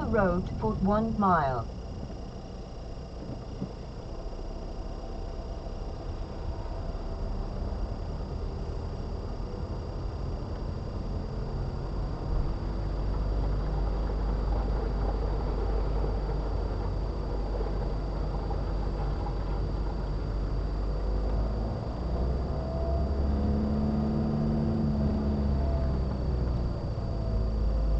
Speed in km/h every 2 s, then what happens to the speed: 3, 6, 8, 10, 11, 13, 13, 13, 13, 13, 19, 19, 15, 13.
0-7 speeds up to 11. 7-18 steady at about 13. 18-21 speeds up to 19. 21-28 slows to 13.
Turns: none.